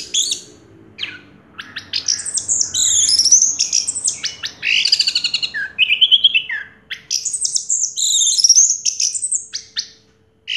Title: Anis Merah Macet.. Pancing Dengan Suara Ini.. 100 Ampuh. # Anis Merah